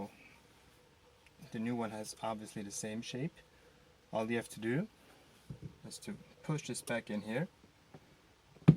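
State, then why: Seated. A new aluminium gear knob is pushed down onto the T-shaped top of a Peugeot RCZ gear lever while someone talks. A sharp click sounds at 8.7 s as the knob snaps home, fully seated on the lever.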